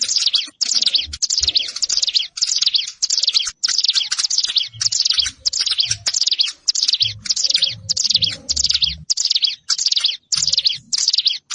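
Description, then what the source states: Plain prinia singing a rasping, buzzy high note over and over at a quick, even pace, roughly a hundred bursts a minute, with soft low thuds underneath. Recorded in a rice field (sawah).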